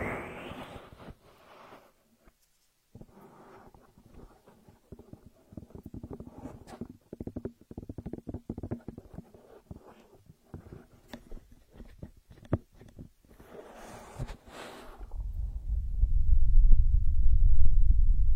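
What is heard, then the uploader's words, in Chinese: Close, wordless ear massage: soft crackly rubbing and scattered clicks, turning into a louder, muffled low rumble near the end. 无人声按摩耳朵（声控助眠）。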